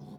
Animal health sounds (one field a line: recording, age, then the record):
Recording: pig call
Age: piglet (1 to 25 days)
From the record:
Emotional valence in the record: negative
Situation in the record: short isolation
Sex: male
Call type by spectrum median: low-frequency call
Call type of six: low-frequency stable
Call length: 0.19 s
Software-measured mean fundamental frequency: 50 Hz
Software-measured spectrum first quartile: 171 Hz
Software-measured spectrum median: 253 Hz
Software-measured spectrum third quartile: 600 Hz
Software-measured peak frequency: 203 Hz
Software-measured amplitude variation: 128 dB a second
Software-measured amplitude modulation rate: 18.2 a second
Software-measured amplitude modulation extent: 7.0 dB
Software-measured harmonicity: 0.9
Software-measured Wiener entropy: -0.14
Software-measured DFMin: 1092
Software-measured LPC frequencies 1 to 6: 3503, 4293, 5237, 5813, 6840, 7760 Hz